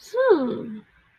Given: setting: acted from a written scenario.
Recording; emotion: vocal sound without words; interest